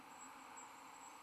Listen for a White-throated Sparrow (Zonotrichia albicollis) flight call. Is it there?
no